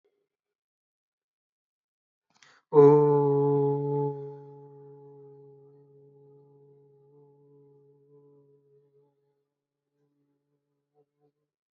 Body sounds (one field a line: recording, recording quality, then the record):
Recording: sustained vowel as in boot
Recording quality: excellent, no background noise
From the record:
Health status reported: healthy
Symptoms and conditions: none ticked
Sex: male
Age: 21 years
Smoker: not ticked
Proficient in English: yes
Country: India